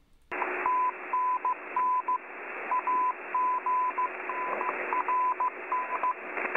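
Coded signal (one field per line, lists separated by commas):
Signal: numbers station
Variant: Cuban M08a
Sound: steady wideband hiss with a keyed 1 kHz Morse-like tone of dashes and dots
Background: radio static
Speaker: you can also hear the variant of M mo8 um a which is a variant that placed hmo1 um in and then randomly it becomes hmo1 um so I'm going to play the clip right [Applause] [Applause] now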